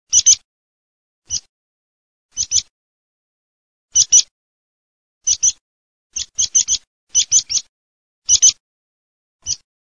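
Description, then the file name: Meadow pipit calls: thin, very high, clipped 'sip' notes, mostly in pairs or short runs of three, given irregularly with quiet gaps between. "PISPOLA"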